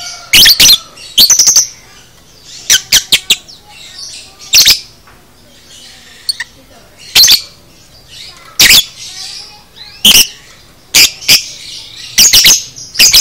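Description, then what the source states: Lovebird song of many shrill, rasping chirps, sometimes in rapid stuttered clusters, sometimes single, scattered irregularly over thin background twittering. Lovebird, described as "paud"; a "masteran" recording used to train cage birds.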